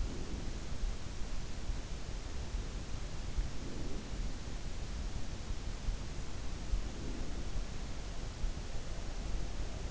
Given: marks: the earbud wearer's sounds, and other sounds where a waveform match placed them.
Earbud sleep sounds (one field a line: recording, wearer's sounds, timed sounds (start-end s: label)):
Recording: sounds in sleep by an in-ear microphone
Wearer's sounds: breath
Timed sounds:
0.00-0.67 s: breath
3.54-4.18 s: breath
6.82-7.44 s: breath